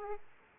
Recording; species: mosquito wingbeat signal from an infrared sensor; Aedes aegypti